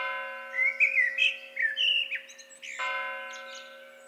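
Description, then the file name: Eurasian blackbird giving a rich warbled phrase over a steady droning hum, which swells again partway through and continues to the end. "Turdus merula"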